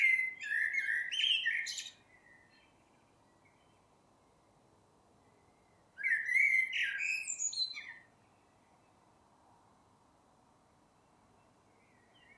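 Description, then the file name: Common blackbird song: two well-spaced phrases of low fluted notes mixed with scratchy high twittering, with quiet between them. "Turdus merula"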